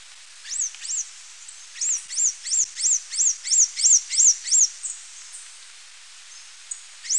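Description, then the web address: Blue-winged mountain tanager calls: a steady series of about a dozen high, arched, rising-then-falling notes, roughly three per second, then a quiet gap and one more note. Ecuador. "Birds of Ecuador. Blue-winged Mountain-Tanager"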